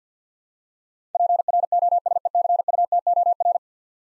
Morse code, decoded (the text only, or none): PROSECUTOR